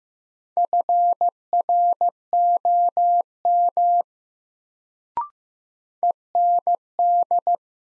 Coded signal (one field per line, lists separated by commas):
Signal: Morse code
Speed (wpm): 15 wpm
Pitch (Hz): 700 Hz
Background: none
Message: FROM END